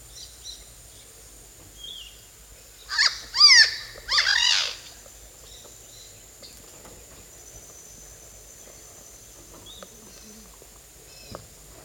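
Bird calls: a loud burst of harsh, rapid, high chirping notes in two bouts lasting about two seconds, followed by scattered faint chirps over a steady high tone.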